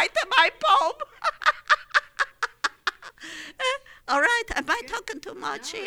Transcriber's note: she laughs